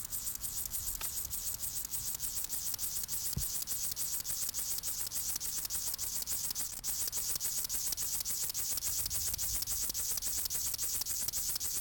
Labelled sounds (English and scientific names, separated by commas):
Upland Field Grasshopper (Chorthippus apricarius) stridulation